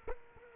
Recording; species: mosquito wingbeat signal from an infrared sensor; Culex quinquefasciatus